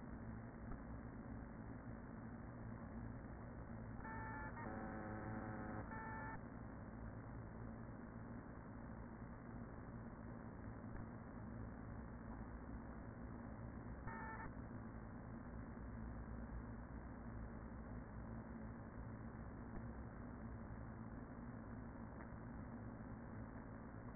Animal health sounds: honeybee colony, microphone inside the hive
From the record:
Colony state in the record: queen present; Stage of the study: after two queens were removed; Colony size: about 40,000 bees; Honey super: no

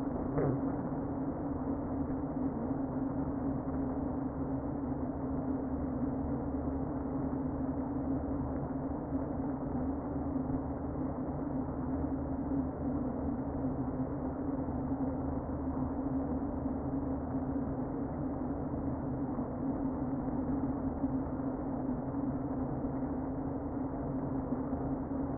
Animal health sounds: honeybee colony, microphone inside the hive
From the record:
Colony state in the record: queen present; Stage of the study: before two queens were removed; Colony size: about 60,000 bees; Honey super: yes

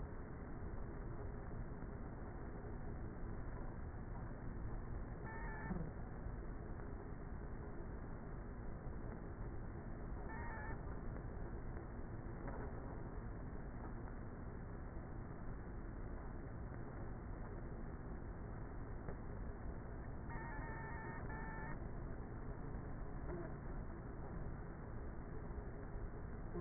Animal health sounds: honeybee colony, microphone inside the hive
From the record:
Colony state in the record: queenless with a low population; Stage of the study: before two queens were removed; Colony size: about 30,000 bees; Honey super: no

